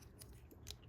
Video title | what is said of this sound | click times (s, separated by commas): Transformers KINGDOM Waspinator Chefatron Review | fold it up till it snaps like that. Go ahead and tab them together. | 0.7 s